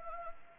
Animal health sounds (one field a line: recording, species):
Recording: mosquito wingbeat signal from an infrared sensor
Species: Anopheles arabiensis